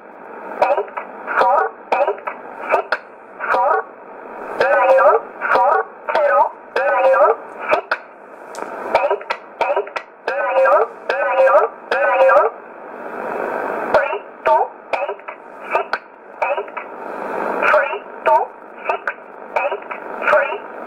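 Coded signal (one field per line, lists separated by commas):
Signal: numbers station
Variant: E11, English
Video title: 14 04 2020 E11 Oblique Numbers station in English 0853 on 12202 unknown tx site in USB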